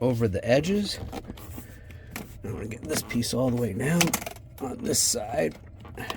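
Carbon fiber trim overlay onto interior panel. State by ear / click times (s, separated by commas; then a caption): seated / 2.2 s. An adhesive-backed carbon fiber interior trim overlay is pressed down onto a truck's interior panel while someone talks. Faint taps come at 1.4 s and 1.9 s, then a sharper click at 2.2 s as the piece snaps down over the edges and seats in place.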